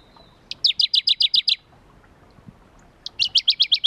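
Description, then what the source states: Shrub frog giving a quick train of seven or eight high, rasping clicks, then a pause of about a second and a half before another burst begins. Philautus fuscatus at Kuda, 28 June 2012.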